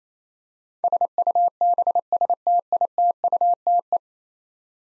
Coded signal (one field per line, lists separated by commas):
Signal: Morse code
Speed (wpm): 27 wpm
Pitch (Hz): 700 Hz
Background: none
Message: SUBSTITUTE